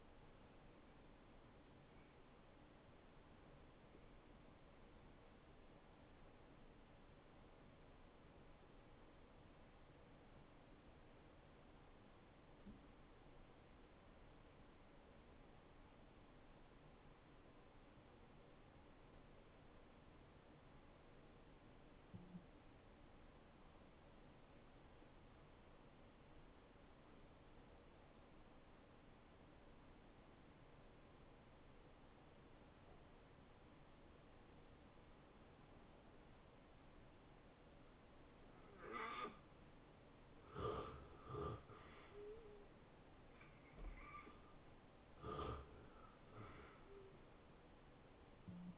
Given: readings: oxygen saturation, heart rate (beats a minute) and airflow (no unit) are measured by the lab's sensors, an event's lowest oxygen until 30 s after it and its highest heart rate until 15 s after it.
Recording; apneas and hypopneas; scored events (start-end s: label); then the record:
breathing in sleep by a voice recorder at the bedside; 1
1.00-48.78 s: new sleep stage, N1 (lightest sleep)
7.00-39.50 s: hypopnea (N1, oxygen 92% highest, then 76% lowest, heart rate 81 at the start, 81 highest)
From the record:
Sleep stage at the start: N2 (light sleep); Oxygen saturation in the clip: 79 to 92%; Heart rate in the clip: 71 to 82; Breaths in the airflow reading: 7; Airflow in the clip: -19.4 to 8.9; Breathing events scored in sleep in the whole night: 263 in 5.5 hours asleep